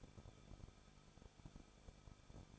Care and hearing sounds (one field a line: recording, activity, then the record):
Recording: daily activity, microphone in the room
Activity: no activity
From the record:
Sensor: 5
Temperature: 20.9 degrees Celsius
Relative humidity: 38.3%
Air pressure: 1006.4 hPa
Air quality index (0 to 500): 188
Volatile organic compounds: 19 ppm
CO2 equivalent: 2642 ppm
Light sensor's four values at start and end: 2/3/1/1 and 2/3/1/1